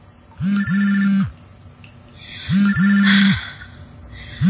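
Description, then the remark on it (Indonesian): A mobile phone rings and vibrates in two repeating bursts, each a pair of buzzing pulses with a bright electronic tone above a low hum, separated by a short pause. “dibuat kaget. Karena suara getar dan dering di handphoneku. Duh, bikin kaget aja nih handphone.”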